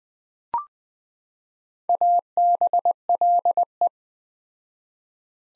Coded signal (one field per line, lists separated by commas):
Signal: Morse code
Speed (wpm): 20 wpm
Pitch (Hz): 700 Hz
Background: none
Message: ABLE